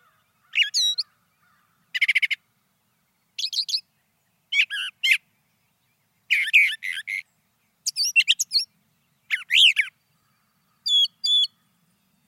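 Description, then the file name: Brown thrasher song: varied phrases of whistled and harsh notes, many given twice in quick succession, separated by short pauses. "suara kicauan brown thrasher. omkicau"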